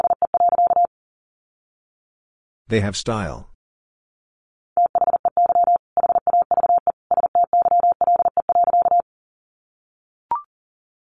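Morse code beeps at a single steady mid pitch, sent as quick bursts of short and long tones: a run at the start, then a longer stretch from about five to nine seconds. Near three seconds a brief spoken word breaks in, and a short click ends the clip.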